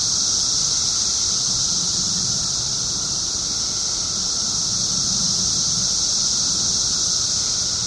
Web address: cicadas 6 21 07 5 ' 05 pm 17 yrcicada